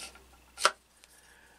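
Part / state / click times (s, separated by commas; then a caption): crystal chassis into lightsaber hilt / seated / 0.7 s. A removable crystal chassis slides inside the metal hilt of a lightsaber and locks into place with a clear click at 0.6 s. A faint tick follows around 1.0 s over a quiet background, and the chassis is seated.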